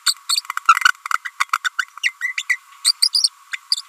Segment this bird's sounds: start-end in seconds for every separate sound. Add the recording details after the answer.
0.06-0.14, 0.29-0.36, 0.68-0.74, 1.14-1.17, 1.25-1.29, 1.40-1.43, 1.64-1.69, 1.78-1.84, 2.03-2.09, 2.21-2.32, 2.38-2.42, 2.49-2.56, 2.85-2.92, 3.02-3.08, 3.24-3.29, 3.53-3.56, 3.72-3.75. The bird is a female. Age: 30 days. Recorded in a nest box in Venezuela. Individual 17B42A4